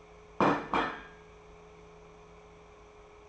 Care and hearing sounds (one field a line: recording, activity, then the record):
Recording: daily activity, microphone in the room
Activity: place plate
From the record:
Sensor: 1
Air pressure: 1015.0 hPa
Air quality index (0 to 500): 201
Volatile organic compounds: 25 ppm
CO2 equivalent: 2844 ppm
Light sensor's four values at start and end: 28/68/29/34 and 28/68/29/34